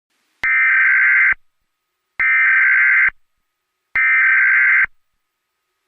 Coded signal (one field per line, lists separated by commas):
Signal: Emergency Alert System (SAME) tones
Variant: header bursts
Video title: EAS Scenario #4x01: Herobrine